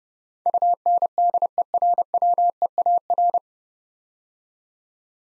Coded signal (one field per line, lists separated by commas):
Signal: Morse code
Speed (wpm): 30 wpm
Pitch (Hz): 700 Hz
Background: none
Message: UNDERWEAR